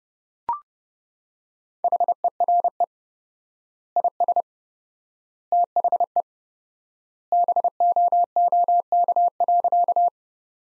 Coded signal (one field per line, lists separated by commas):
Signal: Morse code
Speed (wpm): 30 wpm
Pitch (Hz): 700 Hz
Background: none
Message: HERE IS THE BOOK.